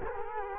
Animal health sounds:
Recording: mosquito wingbeat signal from an infrared sensor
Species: Culex quinquefasciatus

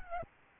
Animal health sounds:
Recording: mosquito wingbeat signal from an infrared sensor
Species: Aedes albopictus

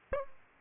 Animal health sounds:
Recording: mosquito wingbeat signal from an infrared sensor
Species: Aedes aegypti

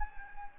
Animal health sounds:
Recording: mosquito wingbeat signal from an infrared sensor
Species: Anopheles gambiae

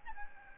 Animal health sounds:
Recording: mosquito wingbeat signal from an infrared sensor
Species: Aedes albopictus

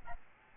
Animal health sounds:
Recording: mosquito wingbeat signal from an infrared sensor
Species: Aedes albopictus

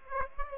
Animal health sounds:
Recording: mosquito wingbeat signal from an infrared sensor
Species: Aedes aegypti

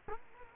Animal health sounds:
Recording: mosquito wingbeat signal from an infrared sensor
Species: Culex quinquefasciatus

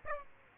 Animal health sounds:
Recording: mosquito wingbeat signal from an infrared sensor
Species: Aedes aegypti

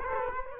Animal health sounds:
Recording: mosquito wingbeat signal from an infrared sensor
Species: Culex quinquefasciatus

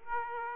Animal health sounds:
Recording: mosquito wingbeat signal from an infrared sensor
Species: Aedes aegypti

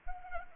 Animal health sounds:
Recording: mosquito wingbeat signal from an infrared sensor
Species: Anopheles arabiensis

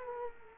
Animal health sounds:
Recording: mosquito wingbeat signal from an infrared sensor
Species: Culex quinquefasciatus

